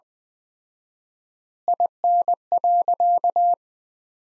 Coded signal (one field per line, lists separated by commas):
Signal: Morse code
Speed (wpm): 20 wpm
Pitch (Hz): 700 Hz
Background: none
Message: IN.